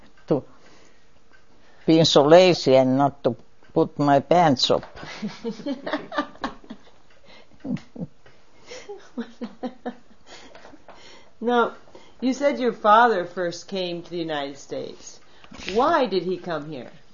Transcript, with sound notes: For being so lazy and not to put my pants up.
(laughs) Now you said your father first came to the United States. Why did he come here?